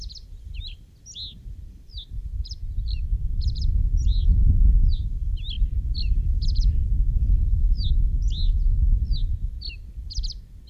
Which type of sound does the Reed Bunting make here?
song